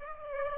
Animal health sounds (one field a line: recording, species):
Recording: mosquito wingbeat signal from an infrared sensor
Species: Aedes aegypti